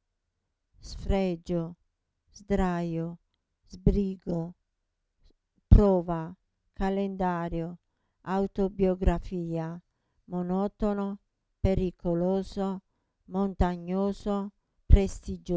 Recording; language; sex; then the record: read list of words; Italian; female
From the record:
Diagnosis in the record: Parkinson's disease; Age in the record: 67 years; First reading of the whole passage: 79 s, 6.5 characters per second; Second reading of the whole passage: 74 s, 7.0 characters per second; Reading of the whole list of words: 72 s, 3.9 characters per second